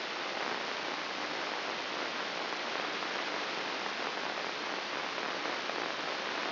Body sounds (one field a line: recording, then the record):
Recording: brain microelectrode recording played as sound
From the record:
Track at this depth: inside the subthalamic nucleus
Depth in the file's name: 5.861 mm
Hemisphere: left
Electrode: 3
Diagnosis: Parkinson's disease